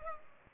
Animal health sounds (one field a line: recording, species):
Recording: mosquito wingbeat signal from an infrared sensor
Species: Culex pipiens